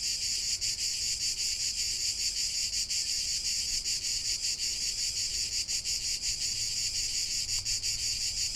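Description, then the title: Cicada song, a steady piercing buzz that throbs in fast pulses, occasionally dipping briefly. Cicada song in Provence. "Méditer en Provence avec le Chant des cigales"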